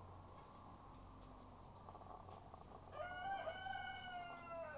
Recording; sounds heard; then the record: poultry house recording; sick chickens (respiratory disease)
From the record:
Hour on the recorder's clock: 12